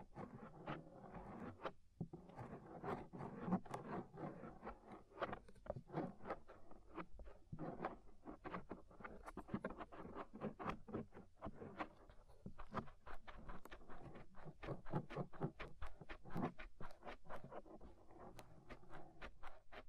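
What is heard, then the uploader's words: Ear scraping, a dense run of short rough scratches and taps that goes on without pause for the whole stretch. The strokes are irregular and quick, several per second, with a low rumbling texture under them and brief brighter clicks mixed in. Inner and Outer Ear Scraping (No Talking).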